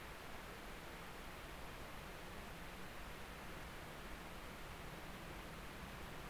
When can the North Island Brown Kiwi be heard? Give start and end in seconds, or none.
none